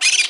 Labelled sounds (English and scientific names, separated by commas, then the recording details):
Brown-throated Parakeet (Eupsittula pertinax) contact call
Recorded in Margarita
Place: San Francisco, near stadium
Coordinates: 11.018, -64.294